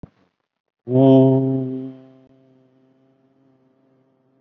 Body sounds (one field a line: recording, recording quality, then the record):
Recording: sustained vowel as in boot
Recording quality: excellent, no background noise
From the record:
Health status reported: COVID-19 positive, moderate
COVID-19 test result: positive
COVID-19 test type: RT-PCR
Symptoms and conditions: cough, cold, breathing difficulty, fatigue, muscle pain, diabetes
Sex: male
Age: 53 years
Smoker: no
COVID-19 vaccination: one dose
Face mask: worn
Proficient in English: no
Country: India